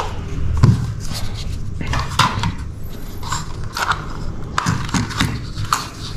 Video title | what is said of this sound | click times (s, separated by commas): Unboxing DJI MAVIC MINI 2 | seperti ini sampai bunyi klik ya, maksudnya ada cetek gitu. Nah, seperti itu. | 5.7 s